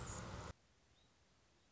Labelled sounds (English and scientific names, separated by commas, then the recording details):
Anna's Hummingbird (Calypte anna)
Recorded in Sonoma County, California